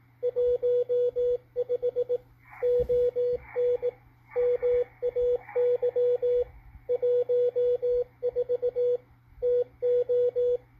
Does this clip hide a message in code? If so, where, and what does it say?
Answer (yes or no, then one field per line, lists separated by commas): yes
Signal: Morse code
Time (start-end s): 0.2-10.6 s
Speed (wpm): 20 wpm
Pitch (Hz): 490 Hz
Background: radio noise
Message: 15 ON MAY 14 TO